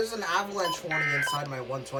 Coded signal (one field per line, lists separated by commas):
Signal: Emergency Alert System (SAME) tones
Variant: end-of-message bursts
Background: speech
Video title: EAS Alerts from Late May | EAS #568-570